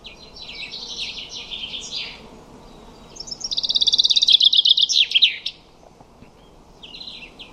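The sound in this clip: Common chaffinch song: a bright, rapid run of repeated notes that drops in pitch and ends with a flourish, preceded by a softer phrase and followed by a brief faint one.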